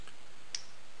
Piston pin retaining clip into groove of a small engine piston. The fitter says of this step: okay y'all heard it click in so it's in there now